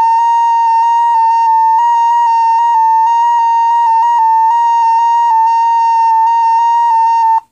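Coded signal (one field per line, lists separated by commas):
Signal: JS8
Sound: a loud, slightly buzzy whistle near 900 Hz, hopping between nearby pitches every fraction of a second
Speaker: let's let's try it one more time see if we get a slightly different frequency I haven't quite learned how to control that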